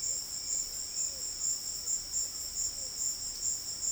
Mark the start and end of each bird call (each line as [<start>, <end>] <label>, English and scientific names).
[0.00, 1.13] Bright-rumped Attila (Attila spadiceus)